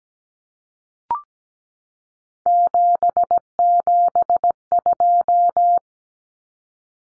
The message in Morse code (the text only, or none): 772